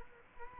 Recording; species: mosquito wingbeat signal from an infrared sensor; Culex quinquefasciatus